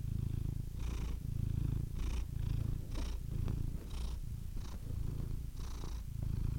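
Domestic cat giving a soft continuous purr, low throbbing rumble rising and easing in breath cycles about once a second, with faint breathy puffs between.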